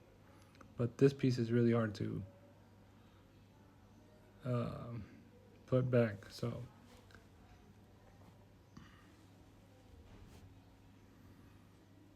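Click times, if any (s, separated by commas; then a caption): none. A plastic trim piece in the tail light area of a 2018–2022 Honda Accord, during a tail light install, is handled and lined up because it is hard to put back. Someone talks over faint handling taps, and the piece has not seated or clicked in yet.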